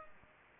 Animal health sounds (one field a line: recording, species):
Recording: mosquito wingbeat signal from an infrared sensor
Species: Anopheles gambiae